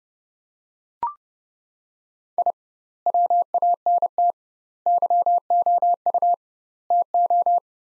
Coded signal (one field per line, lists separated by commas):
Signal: Morse code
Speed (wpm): 30 wpm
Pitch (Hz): 700 Hz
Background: none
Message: I WANT YOU TO